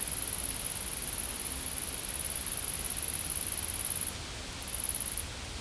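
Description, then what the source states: Steady high-pitched insect drone that stops after about four seconds, resumes in one short burst, then falls quiet. Insects in a field.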